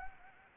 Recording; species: mosquito wingbeat signal from an infrared sensor; Anopheles arabiensis